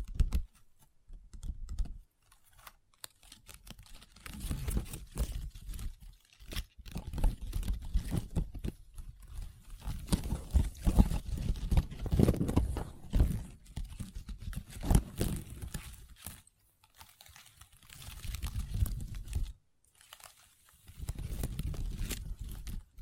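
Long nails tap and scratch across a tabletop in close, dense bursts of clicky, crinkly strokes, pausing briefly near six and twenty seconds.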